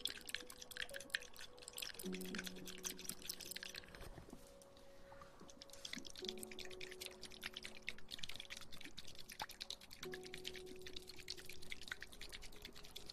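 Water sounds: a dense, crackling trickle of drips and small splashes runs throughout, with a few steady, low ringing tones that shift pitch around 2, 6 and 10 seconds, like a vessel filling. The splashing eases briefly near 4 to 6 seconds.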